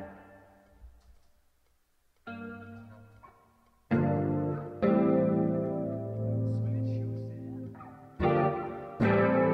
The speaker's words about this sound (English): Hey. Well, well. Well, that's one slapback echo.